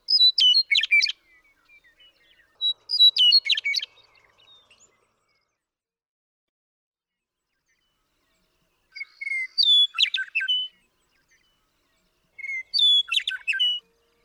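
Western meadowlark song: four bursts, each opening with clear whistled notes and ending in a rapid, bubbling jumble of flute-like notes, with silent pauses between.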